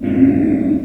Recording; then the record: squeal of a Yucatan mini pig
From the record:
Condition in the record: after surgery on the right vocal fold (resection and tissue-engineered implant); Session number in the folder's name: 3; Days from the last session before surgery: 21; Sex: female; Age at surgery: 19 weeks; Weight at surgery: 25 kg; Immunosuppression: prednisolone